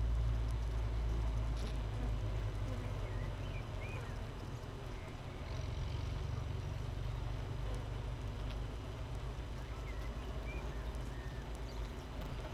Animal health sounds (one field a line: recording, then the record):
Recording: honeybee colony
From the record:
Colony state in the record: missing queen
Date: 31 May 2018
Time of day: 7:38